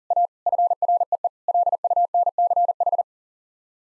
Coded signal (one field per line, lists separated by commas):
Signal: Morse code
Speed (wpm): 40 wpm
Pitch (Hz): 700 Hz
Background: none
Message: A FREE LUNCH